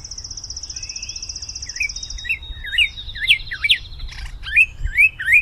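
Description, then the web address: Bird song: a long high trill, then a series of slurred, whistled notes. Unidentified bird, April 2010; noise removal applied. "birds April-2010 mystery bird w-noise-removal"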